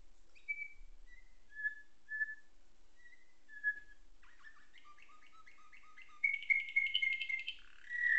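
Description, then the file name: Atlantic canary singing slow, evenly spaced whistled notes, then a rapid run of chirps building into a loud, fast trill, with a faint low hum behind. Song tutored with nightingale song (isian style). "suara kenari isian nightingale"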